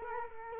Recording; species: mosquito wingbeat signal from an infrared sensor; Culex quinquefasciatus